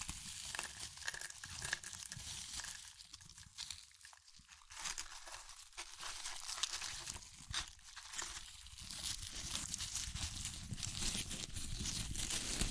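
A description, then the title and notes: Crunchy chips being crushed, with dense crackling and crinkling, like a bag being handled. Bursts of brittle snapping come in quick irregular clusters throughout, growing louder and thicker after about nine seconds. ASMR Satisfying Chips Crunchy Crushing & Eating Sounds (No Talking).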